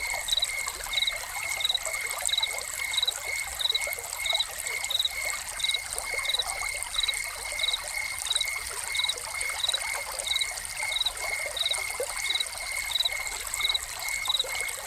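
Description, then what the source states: Cricket chirping, short high chirps repeated about every two-thirds of a second with a steady high tone beneath, over constant trickling and splashing water from a fountain. Crickets recorded together with a fountain.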